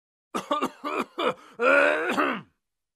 Middle Age Man Coughing.